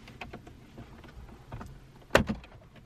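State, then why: Released. An interior trim panel in a 2020 Honda Civic Si is pulled further by hand until its second plastic retaining clip pops loose. After a few faint ticks and rustles, a loud, sharp snap rings out at 2.2 s, followed by a softer tick just after. The clip releases and the panel comes free at that point.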